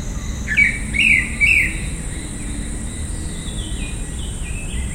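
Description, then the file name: Grey-winged blackbird with three bright slurred whistles in the first two seconds, then fainter descending notes, against a constant high insect hum. "Grey winged Blackbird Turdus boulboul"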